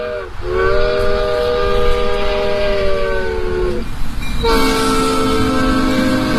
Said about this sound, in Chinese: 建筑物四周有铁路环绕，铁路上的爱丽丝列车只有两节小车厢，可爱的爱丽丝列车将会把游客带到爱丽丝仙境。上面写着爱丽丝列车，就好像是小型的蒸汽火车，车轮是红色的，非常可爱。